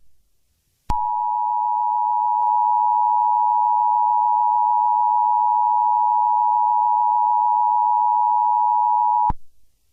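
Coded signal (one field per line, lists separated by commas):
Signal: Emergency Alert System (SAME) tones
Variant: 853 and 960 Hz attention tone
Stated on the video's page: Fictional Halloween mock EAS scenario tones.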